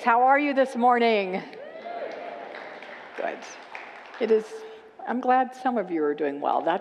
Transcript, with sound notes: How are you this morning? [Congregants whoop and applaud] Good! It… I’m glad some of you are doing well.